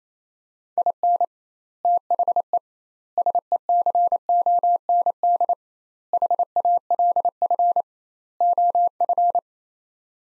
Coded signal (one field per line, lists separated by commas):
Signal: Morse code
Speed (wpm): 28 wpm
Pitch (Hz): 700 Hz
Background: none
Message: IN THE SECOND HALF OF